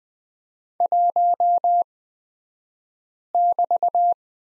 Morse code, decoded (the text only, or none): 1<BT>